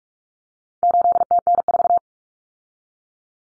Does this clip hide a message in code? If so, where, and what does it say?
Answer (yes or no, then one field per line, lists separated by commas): yes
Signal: Morse code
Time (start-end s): 0.8-2.0 s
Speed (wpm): 44 wpm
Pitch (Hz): 700 Hz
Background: none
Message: 8TN4